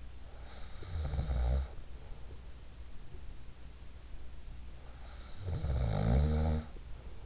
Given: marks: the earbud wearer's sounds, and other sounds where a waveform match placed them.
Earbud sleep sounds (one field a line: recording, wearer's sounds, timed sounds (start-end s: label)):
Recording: sounds in sleep by an in-ear microphone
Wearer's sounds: snoring breath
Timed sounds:
0.30-2.27 s: snoring breath
4.88-7.26 s: snoring breath